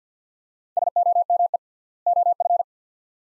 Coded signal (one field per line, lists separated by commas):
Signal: Morse code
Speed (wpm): 50 wpm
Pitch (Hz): 700 Hz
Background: none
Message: SOME OF